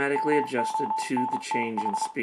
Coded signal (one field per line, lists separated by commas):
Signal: Morse code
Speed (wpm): 27 wpm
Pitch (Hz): 880 Hz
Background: speech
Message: MONTH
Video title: My Pet Arduino Copies Morse Code to an LCD Display Module